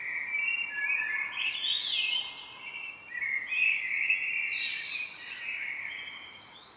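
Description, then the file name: Common blackbird singing a continuous run of fluty, warbling notes that rise and fall, with brief squeaky flourishes, over low background hiss. "Turdus merula"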